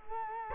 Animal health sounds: mosquito wingbeat signal from an infrared sensor; Culex quinquefasciatus

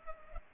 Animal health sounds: mosquito wingbeat signal from an infrared sensor; Culex pipiens

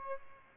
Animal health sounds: mosquito wingbeat signal from an infrared sensor; Aedes albopictus

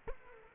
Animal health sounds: mosquito wingbeat signal from an infrared sensor; Culex quinquefasciatus

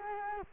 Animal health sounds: mosquito wingbeat signal from an infrared sensor; Culex quinquefasciatus

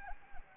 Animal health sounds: mosquito wingbeat signal from an infrared sensor; Anopheles arabiensis

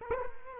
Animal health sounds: mosquito wingbeat signal from an infrared sensor; Culex quinquefasciatus

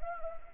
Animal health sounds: mosquito wingbeat signal from an infrared sensor; Anopheles arabiensis

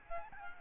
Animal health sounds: mosquito wingbeat signal from an infrared sensor; Aedes albopictus

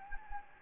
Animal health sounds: mosquito wingbeat signal from an infrared sensor; Anopheles gambiae

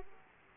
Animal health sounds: mosquito wingbeat signal from an infrared sensor; Aedes aegypti

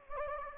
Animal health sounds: mosquito wingbeat signal from an infrared sensor; Anopheles gambiae

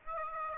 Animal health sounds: mosquito wingbeat signal from an infrared sensor; Aedes aegypti

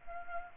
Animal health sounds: mosquito wingbeat signal from an infrared sensor; Culex pipiens

